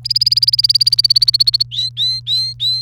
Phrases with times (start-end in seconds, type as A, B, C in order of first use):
0.04-1.63 A, 1.71-2.81 B